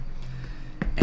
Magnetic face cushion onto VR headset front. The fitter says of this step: so I'm going to put this back on here and it just snapped in place